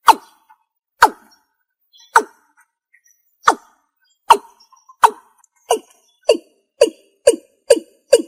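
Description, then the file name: Watercock giving hollow booming notes, spaced about a second apart at first and then speeding up to quicker repeats. "tieng cum num"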